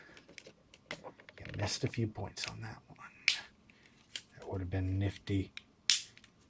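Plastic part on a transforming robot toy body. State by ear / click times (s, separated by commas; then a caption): seated / 5.9 s. Someone talks while handling a plastic transforming robot toy during its transformation, with scattered small plastic clicks and handling noises. At 5.9 s, a plastic part on the toy's body is pushed back into position with a loud, sharp snap, seating it back in place.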